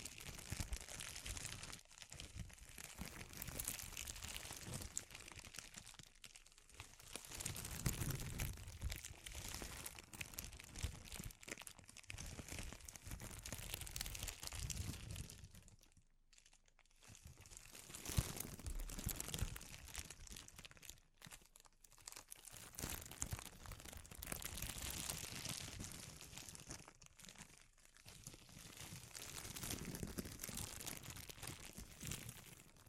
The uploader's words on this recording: ASMR Sensitive Crinkles (No Talking).